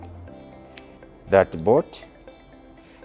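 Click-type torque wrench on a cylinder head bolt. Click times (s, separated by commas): 0.8 s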